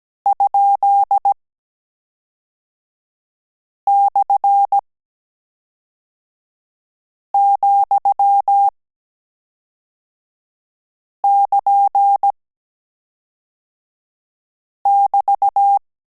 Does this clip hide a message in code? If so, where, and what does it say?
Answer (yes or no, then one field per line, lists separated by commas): yes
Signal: Morse code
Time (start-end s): 0.3-15.8 s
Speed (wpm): 17 wpm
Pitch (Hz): 800 Hz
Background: none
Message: ?/,<KN><BT>